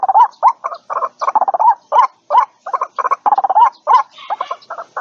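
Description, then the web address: White-breasted waterhen calls: rising croaking notes mixed with rapid stuttering bursts, delivered in a busy, uneven series of about three per second. Lure call used for attracting and trapping birds. "tieng quoc keu moi chuan goi bay"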